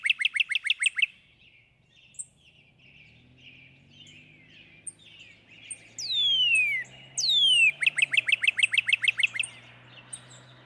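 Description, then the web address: Northern cardinal song: a rapid series of down-slurred whistles, two long high slurs sweeping downward, then another fast run of repeated notes over a low steady hum. "birdsongforthecurious Northern Cardinal"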